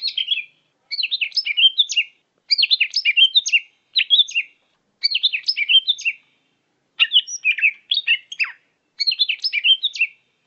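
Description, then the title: Leafbird singing short, fast phrases of high twittering notes, separated by brief silent gaps. "CUCAK IJO"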